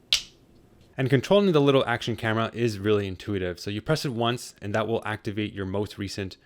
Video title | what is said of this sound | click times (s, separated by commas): Insta360 GO 3 Review - Unbelievably powerful and lightweight! | has a very nice satisfying click | 0.1 s